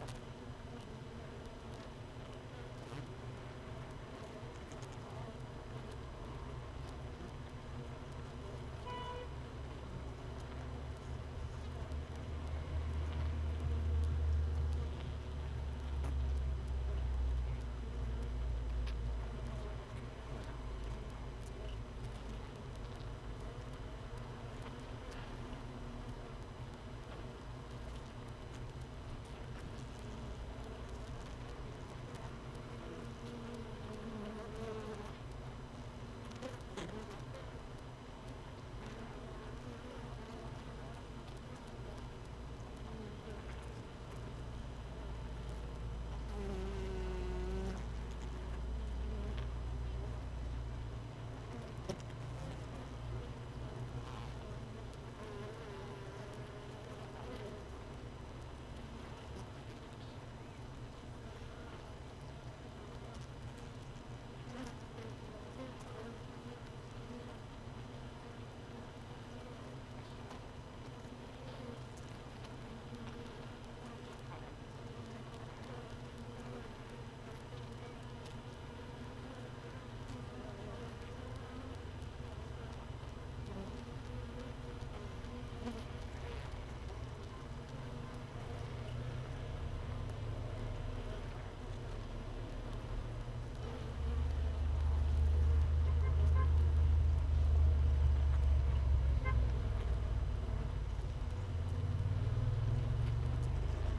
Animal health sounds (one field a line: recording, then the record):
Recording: honeybee colony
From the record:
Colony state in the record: missing queen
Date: 31 May 2018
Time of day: 15:25